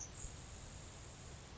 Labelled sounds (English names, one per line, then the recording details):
Grasshopper Sparrow
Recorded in Sonoma County, California